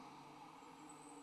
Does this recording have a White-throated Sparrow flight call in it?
no